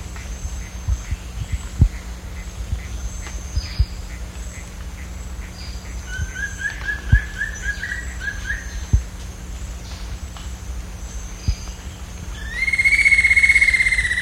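Bird calls: scattered clicks throughout, a soft series of short notes midway, then a loud, long, drawn-out harmonic note near the end.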